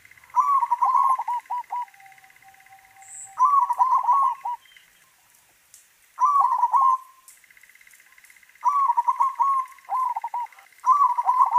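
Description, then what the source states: Zebra dove song: a series of rapid trilled cooing phrases at irregular intervals, each a burst of stuttered notes, with an intermittent high-pitched droning buzz. White variety.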